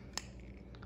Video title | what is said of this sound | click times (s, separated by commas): JIMMY CHOO MAN INTENSE COLOGNE | can hear that click noise let me do that again | 0.2 s